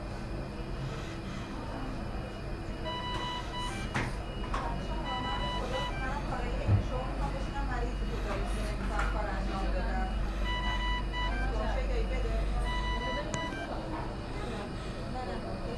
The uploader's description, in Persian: اورژانس بیمارستان شریعتی